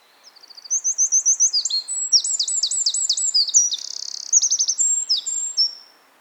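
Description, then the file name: Eurasian wren song: a loud, high, rapid outpouring of sharp repeated notes and fast trills, including a buzzy rattle, lasting about five seconds. "Troglodytes troglodytes"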